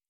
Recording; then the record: hydrophone in a shrimp aquaculture tank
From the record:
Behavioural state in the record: normal